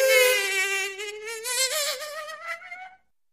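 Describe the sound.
Insect whine, a high nasal buzz that slowly rises in pitch, wavers, then stops abruptly after about three seconds.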